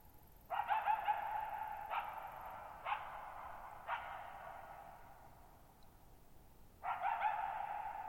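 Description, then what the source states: Coyote barks in a quick run of four harsh calls, then a pause and another, all trailing into long echoes. Lone coyote vocalizing at night, July 14, 2019, Thirtymile Meadows, Okanogan National Forest (Okanogan High Country), 6400 ft; high dry plateau among tall mountains, shallow bowl-shaped meadow with very long reverberation.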